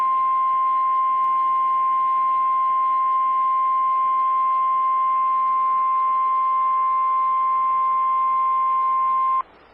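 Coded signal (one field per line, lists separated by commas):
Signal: Emergency Alert System (SAME) tones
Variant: 1050 Hz attention tone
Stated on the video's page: Severe thunderstorm watch EAS alert for portions of Pennsylvania, New Jersey, Delaware and Maryland.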